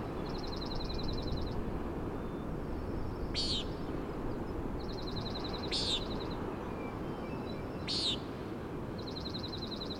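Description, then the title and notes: Common nighthawk giving three short, buzzy, nasal peents a few seconds apart, with another bird's rapid dry trills in between and a steady roar of wind beneath. "Common Nighthawk "peenting" and "wing booms" 3:58am on top of Schoodic Head (Schoodic Div., Acadia National Park)"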